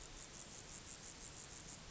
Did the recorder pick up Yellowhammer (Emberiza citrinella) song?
no